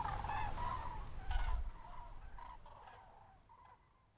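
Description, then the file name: Common crane trumpeting calls over a low rumble, fading quieter over a few seconds. "grus grus"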